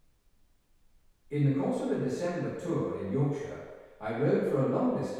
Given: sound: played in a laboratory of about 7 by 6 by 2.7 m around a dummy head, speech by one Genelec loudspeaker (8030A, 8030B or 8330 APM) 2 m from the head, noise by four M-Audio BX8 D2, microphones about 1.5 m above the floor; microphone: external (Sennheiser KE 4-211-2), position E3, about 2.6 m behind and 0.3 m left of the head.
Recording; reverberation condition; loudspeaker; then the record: male speech in English; high; 90 degrees to the left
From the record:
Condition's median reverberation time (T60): about 1300 ms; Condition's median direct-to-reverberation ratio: about -4.0 dB